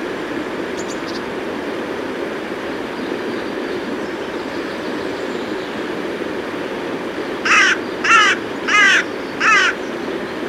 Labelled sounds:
Carrion Crow call
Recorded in the wild
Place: Thale, Sachsen-Anhalt, DE
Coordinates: 51.731, 11.063
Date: 1978-05-05 05:25
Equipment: Nagra III BH, Sennheiser MD 21, parabola
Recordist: Schubert, Michael

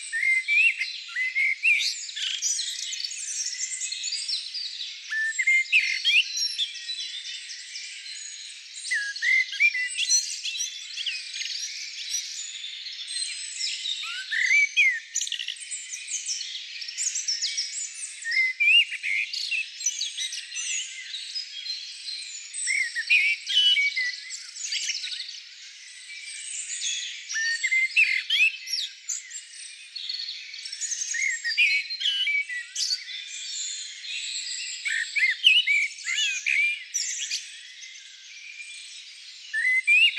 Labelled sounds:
Common Blackbird song
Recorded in the wild
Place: Lilienhof / Kaiserstuhl, Baden-Württemberg, DE
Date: 1999-04-05
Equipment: MiniDisc Sony MZ-R35, Telinga DAT, Telinga-Parabolspiegel
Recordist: Schwarz, Dieter

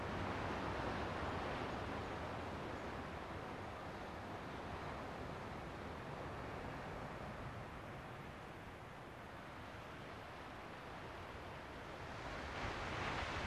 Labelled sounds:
Arctic Fox barking
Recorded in the wild
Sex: female
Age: adult
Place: Insel Mednyi, Kommandeur-Inseln, RU
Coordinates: 54.5167, 168.083
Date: 1999-07-27
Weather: heiter, windstill, 9°C
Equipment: Sony WM-D6C, Sennheiser MKH 70, Windkorb, Kopie Tascam DA 30
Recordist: Frommolt, Karl-Heinz

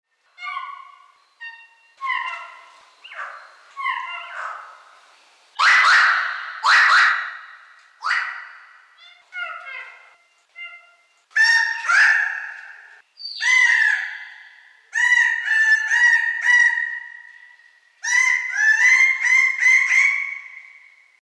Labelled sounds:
Red Bird-of-paradise
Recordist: Tembrock, Günter
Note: Gruppe: diverse Lautformen

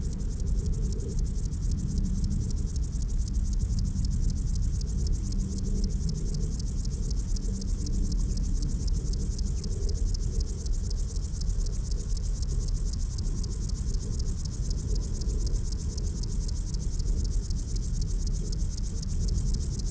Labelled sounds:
Upland Field Grasshopper stridulation
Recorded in the wild
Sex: pair
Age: imago
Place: Botanische Anlage Blankenfelde, Berlin, DE
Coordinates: 52.603, 13.4
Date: 1993-08-15 10:30
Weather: sonnig, 24-28°C
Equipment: Marantz CP 430, Sennheiser ME 80, Kopie Uher Variocord 263
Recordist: Tembrock, Günter
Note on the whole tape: Männchen am Weibchen Stridulation, auch Suchlaute, Männchen nur mit linkem Hinterschenkel (26,7 °C)

